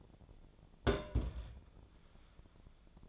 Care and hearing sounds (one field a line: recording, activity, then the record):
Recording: daily activity, microphone in the room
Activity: place on stove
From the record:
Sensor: 5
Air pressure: 1000.1 hPa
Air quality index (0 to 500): 95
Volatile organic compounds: 1 ppm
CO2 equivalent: 777 ppm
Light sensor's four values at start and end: 357/836/365/410 and 357/831/364/410